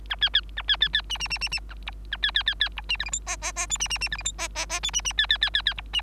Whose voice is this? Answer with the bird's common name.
Bengalese Finch